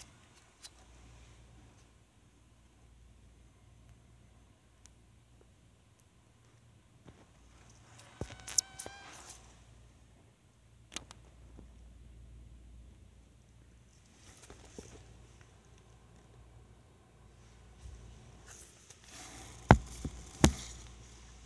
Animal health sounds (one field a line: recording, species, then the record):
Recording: mosquito flight sound by mobile phone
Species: Anopheles minimus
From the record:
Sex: female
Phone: Sony Xperia